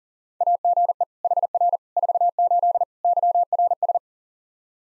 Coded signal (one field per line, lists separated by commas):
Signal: Morse code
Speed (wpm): 40 wpm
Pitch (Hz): 700 Hz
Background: none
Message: AGE HR 48 YRS